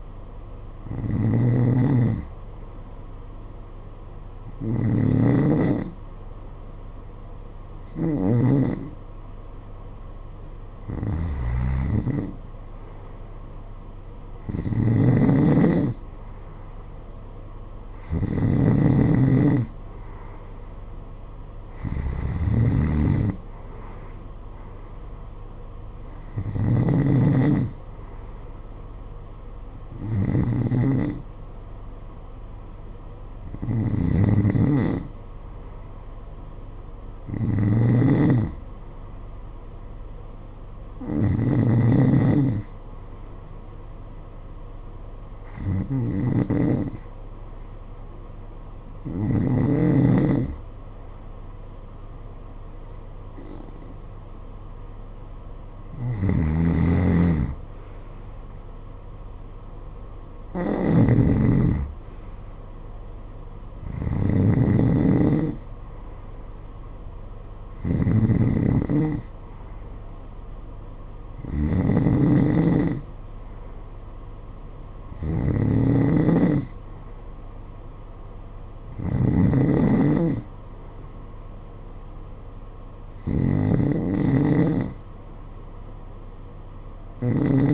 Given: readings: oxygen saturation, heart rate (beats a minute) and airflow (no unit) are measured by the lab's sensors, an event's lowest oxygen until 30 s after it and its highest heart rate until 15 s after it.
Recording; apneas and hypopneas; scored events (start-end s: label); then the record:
breathing in sleep by a smartphone at the bedside; none
19.00-87.74 s: new sleep stage, N2 (light sleep)
From the record:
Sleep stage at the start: N1 (lightest sleep); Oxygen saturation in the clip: 89 to 92%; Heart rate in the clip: 52 to 59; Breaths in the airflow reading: 22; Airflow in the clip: -9.3 to 8.3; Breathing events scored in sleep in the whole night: 476 in 9.7 hours asleep